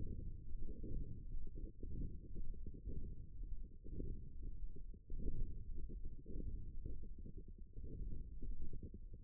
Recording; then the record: forearm muscle sounds (acoustic myography)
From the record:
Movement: radial deviation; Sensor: system 1, eight BSWA MPA416 microphones around the upper forearm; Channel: 7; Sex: female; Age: 22 years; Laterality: right